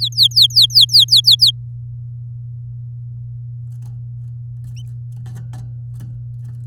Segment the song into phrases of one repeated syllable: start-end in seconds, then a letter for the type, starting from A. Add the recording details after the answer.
0.00-1.51 A. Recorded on 9 May 2018 at 09:56. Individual llb16